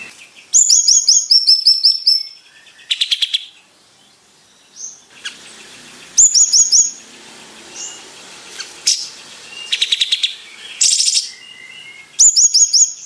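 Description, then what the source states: Bayeman song: loud high trilled phrases and rattling chirp bursts, a short quiet pause, then more vigorous trills. Bird described as 'gacor'.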